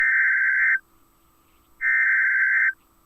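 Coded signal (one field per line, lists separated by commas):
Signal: Emergency Alert System (SAME) tones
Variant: header bursts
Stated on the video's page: NOAA Weather Radio river flood warning from the Seattle, Washington area, received live.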